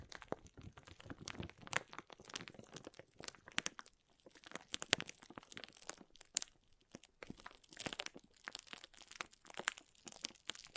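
Water beads being squished and stirred, a dense run of wet crunching and crinkling clicks in irregular bursts with brief pauses throughout.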